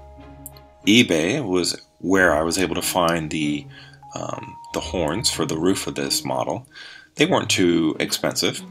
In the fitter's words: The number boards turned out really well, and they just snap into place.